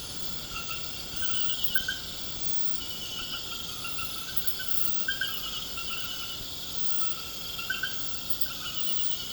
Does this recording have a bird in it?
no